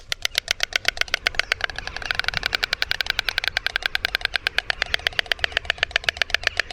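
A white stork clattering its bill: a long, fast run of dry, wooden clacks at a steady rhythm, fairly loud and unbroken for several seconds, with no voices.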